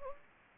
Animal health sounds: mosquito wingbeat signal from an infrared sensor; Anopheles gambiae

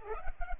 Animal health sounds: mosquito wingbeat signal from an infrared sensor; Culex pipiens

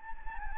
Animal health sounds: mosquito wingbeat signal from an infrared sensor; Anopheles gambiae

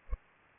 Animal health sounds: mosquito wingbeat signal from an infrared sensor; Culex pipiens

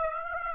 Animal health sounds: mosquito wingbeat signal from an infrared sensor; Aedes aegypti

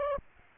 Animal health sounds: mosquito wingbeat signal from an infrared sensor; Aedes aegypti

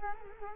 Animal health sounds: mosquito wingbeat signal from an infrared sensor; Culex quinquefasciatus

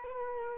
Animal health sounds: mosquito wingbeat signal from an infrared sensor; Culex quinquefasciatus

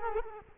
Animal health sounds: mosquito wingbeat signal from an infrared sensor; Culex quinquefasciatus

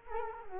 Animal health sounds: mosquito wingbeat signal from an infrared sensor; Culex quinquefasciatus

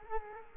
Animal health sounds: mosquito wingbeat signal from an infrared sensor; Culex quinquefasciatus

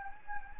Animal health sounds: mosquito wingbeat signal from an infrared sensor; Anopheles gambiae

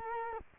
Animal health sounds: mosquito wingbeat signal from an infrared sensor; Culex quinquefasciatus

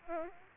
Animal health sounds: mosquito wingbeat signal from an infrared sensor; Aedes albopictus

